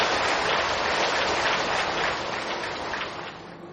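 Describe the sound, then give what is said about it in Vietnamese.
A crowd claps steadily, a dense, loud wash of many hands that holds its level before easing slightly toward the end, congratulating a monk at a ceremony at Dị Mỹ pagoda. No one speaks over it. “Đề nghị là chúng ta dâng cao một tràng pháo tay và đó là chúc mừng cho thầy của chúng ta.”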